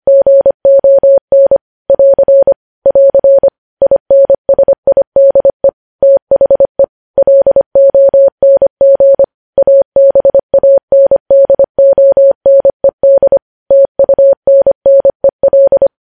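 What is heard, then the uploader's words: Morse code tapped out as a single steady tone around 600 Hz, keyed on and off in quick dots and longer dashes. Short pauses separate letters and groups throughout the sixteen seconds, with a clean, silent background between beeps. Morse code.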